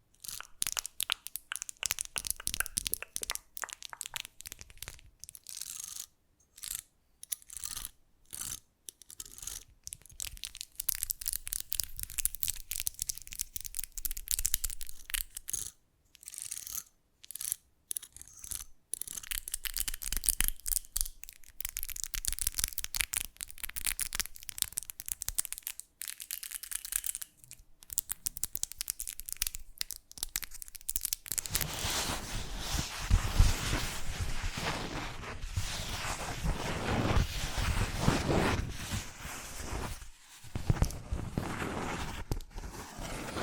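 Fast, unpredictable ASMR triggers: crisp crinkling, tearing and crunching sounds in quick bursts broken by frequent short silences. Around the half-minute mark the sound turns into a denser, fuller scratching and rustling that continues, with one brief pause near forty seconds.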